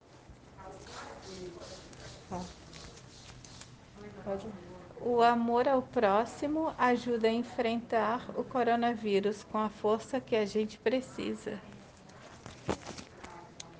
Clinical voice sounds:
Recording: spoken sentence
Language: Brazilian Portuguese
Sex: female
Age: 50 to 59 years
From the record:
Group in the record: respiratory insufficiency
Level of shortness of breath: 5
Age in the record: 52 years

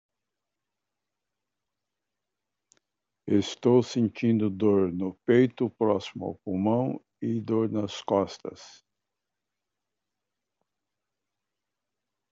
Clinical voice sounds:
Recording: spoken sentence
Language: Brazilian Portuguese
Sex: male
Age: 60 to 69 years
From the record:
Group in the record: control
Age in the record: 69 years

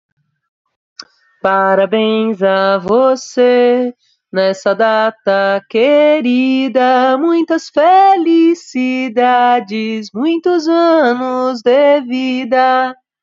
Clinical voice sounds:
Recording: short text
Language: Brazilian Portuguese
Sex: female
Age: 30 to 39 years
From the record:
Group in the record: control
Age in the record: 38 years

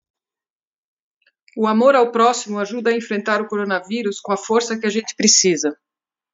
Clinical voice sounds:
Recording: spoken sentence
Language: Brazilian Portuguese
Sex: female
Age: 50 to 59 years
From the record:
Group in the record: control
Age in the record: 52 years

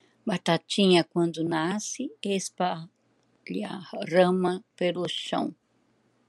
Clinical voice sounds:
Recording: short text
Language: Brazilian Portuguese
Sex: female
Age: 70 to 79 years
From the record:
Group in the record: control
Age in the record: 74 years

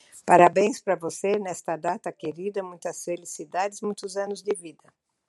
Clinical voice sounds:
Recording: short text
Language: Brazilian Portuguese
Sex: female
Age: 60 to 69 years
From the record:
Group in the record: control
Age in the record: 61 years

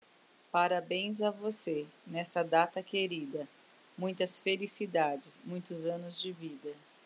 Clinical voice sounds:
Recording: short text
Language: Brazilian Portuguese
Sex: female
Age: 30 to 39 years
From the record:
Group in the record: control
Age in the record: 39 years

